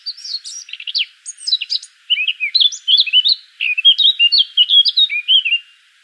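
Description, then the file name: Eurasian blackcap song opening with scratchy twitters, then a string of clear, repeated fluting notes. "Sylvia atricapilla"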